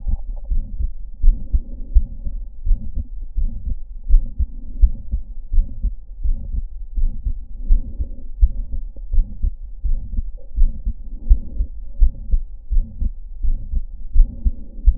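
Steady, low adult heartbeats with a rough murmur filling the gap between each first and second sound. This is aortic stenosis with paradoxical (reversed) splitting of the second heart sound: aortic closure comes after pulmonary closure because left ventricular emptying is delayed.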